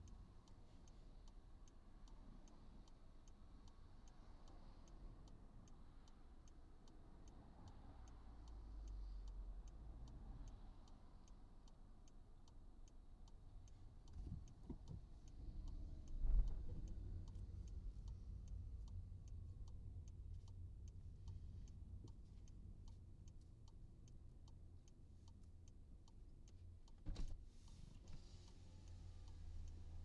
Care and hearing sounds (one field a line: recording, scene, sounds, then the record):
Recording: everyday scene through a hearing-aid microphone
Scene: in a vehicle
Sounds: engine idling, traffic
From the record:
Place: Skoda Fabia, gasoline engine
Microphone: in the ear canal, right